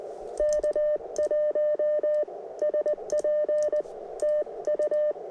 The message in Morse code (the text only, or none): K1SP TU